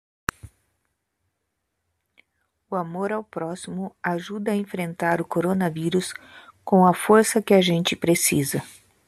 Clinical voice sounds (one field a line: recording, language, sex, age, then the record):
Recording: spoken sentence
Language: Brazilian Portuguese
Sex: female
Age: 30 to 39 years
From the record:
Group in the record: control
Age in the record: 38 years